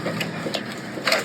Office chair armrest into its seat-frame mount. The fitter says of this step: Let go of the button and it snaps into place.